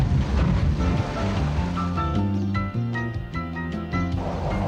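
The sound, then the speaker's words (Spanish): A loud, broad rush of water being thrown onto a creature splashes out for about two seconds, then gives way to a steady melodic tune with sustained tones while the watery hiss continues underneath. “el punto débil de esa cosa es el agua. ¡Arrójalo!”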